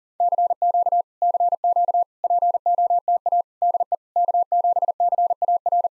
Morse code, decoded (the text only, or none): CQ CQ POTA DE K7CAR